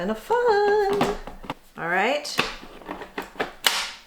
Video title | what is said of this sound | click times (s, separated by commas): High Protein Ninja Creami Recipe Revealed + Channel Update! | there's the click now we're going to hit where is it respin | 3.7 s